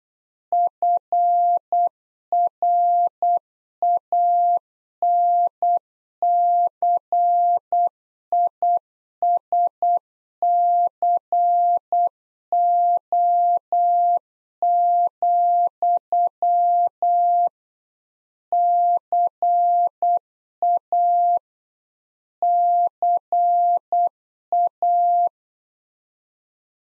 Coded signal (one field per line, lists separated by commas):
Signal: Morse code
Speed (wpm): 8 wpm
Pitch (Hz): 700 Hz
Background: none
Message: FRANCISCO, CA CA